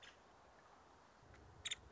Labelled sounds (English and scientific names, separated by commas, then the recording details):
Nuttall's Woodpecker (Dryobates nuttallii)
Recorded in Sonoma County, California